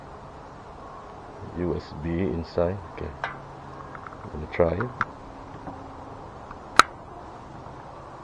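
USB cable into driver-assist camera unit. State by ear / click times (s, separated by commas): seated / 6.8 s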